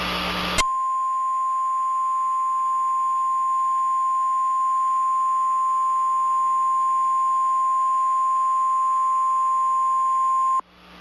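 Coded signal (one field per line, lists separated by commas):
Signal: Emergency Alert System (SAME) tones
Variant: 1050 Hz attention tone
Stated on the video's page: Fictional scenario.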